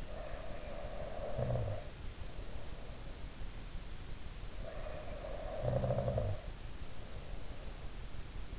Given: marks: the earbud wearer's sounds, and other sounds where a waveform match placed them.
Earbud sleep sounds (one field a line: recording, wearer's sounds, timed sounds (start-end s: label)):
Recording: sounds in sleep by an in-ear microphone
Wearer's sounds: snoring breath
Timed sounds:
0.00-3.20 s: snoring breath
4.69-7.89 s: snoring breath